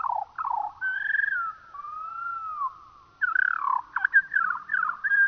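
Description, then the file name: Eurasian skylark song, slowed and deepened: rolling trills and drawn-out sliding whistles, a pause near the middle, then rapid chattering phrases resume. Slowed down. "skylark slowed down"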